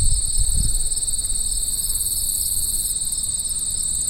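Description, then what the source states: Crickets chirping in a steady, continuous high pulsing chorus with two layered bands of sound, constant throughout, with a few low rumbling thumps at the start. Crickets recorded at Lowbanks on 15 September 2004.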